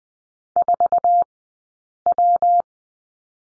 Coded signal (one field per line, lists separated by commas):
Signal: Morse code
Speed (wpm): 20 wpm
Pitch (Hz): 700 Hz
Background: none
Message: 4W